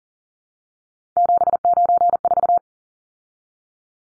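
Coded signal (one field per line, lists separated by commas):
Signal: Morse code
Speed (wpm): 38 wpm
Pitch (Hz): 700 Hz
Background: none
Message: 794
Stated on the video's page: Morse practice drill of three-digit numbers at 40 wpm, each number sent twice.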